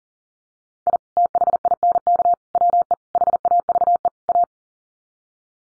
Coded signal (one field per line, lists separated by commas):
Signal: Morse code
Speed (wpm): 40 wpm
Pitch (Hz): 700 Hz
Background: none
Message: I THINK WE HAVE A